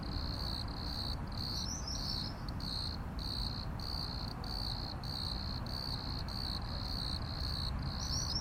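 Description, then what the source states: Cricket chirping in steady regular bursts, with a low continuous rumble beneath. Crickets at Plaiaundi ecological park, Irún, Spain, on the border of the Spanish state.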